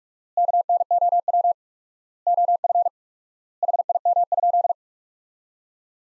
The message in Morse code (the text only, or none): KNOW OF HIM?